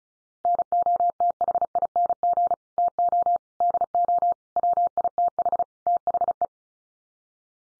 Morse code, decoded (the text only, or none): NOTHING TO DO WITH THE